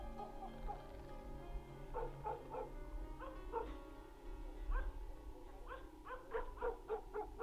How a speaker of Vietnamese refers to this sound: Tiếng con chim cú mèo rốc lên từng hồi, tiếng mèo kêu, tiếng chó sủa gần lên từng chập, tiếng cười khành khạch, tất cả trộn lẫn vào với nhau, tạo thành cái thứ âm thanh quỷ dị.